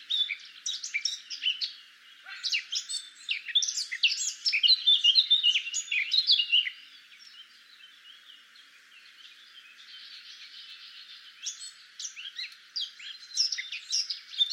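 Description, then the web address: Eurasian blackcap singing a long, varied warble of quick twittering notes, then a quieter stretch of soft chatter before a final burst of sharper phrases. "SETE Sylvia atricapilla"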